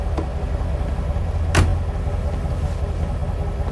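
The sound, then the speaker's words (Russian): A black SUV pulls up and stops on the roadside of an empty road, its engine rumbling low and steady, idling at an even level, with one sharp, brief thump cutting through about halfway before the drone carries on. “Черный внедорожник останавливается, за рулем Мухаммад.”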